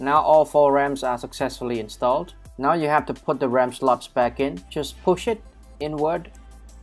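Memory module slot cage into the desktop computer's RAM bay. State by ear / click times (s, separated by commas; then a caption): not seated / none. On a 2017 5K iMac all-in-one desktop being upgraded to 64GB of RAM, with all four memory modules installed, the RAM slot cage is being pushed inward back into the RAM bay while someone talks over music playing underneath. The clip ends before the cage goes home, so nothing has seated or clicked yet.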